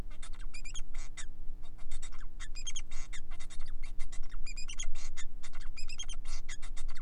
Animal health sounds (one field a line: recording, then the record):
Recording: song of a male Bengalese finch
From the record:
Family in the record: son of father 4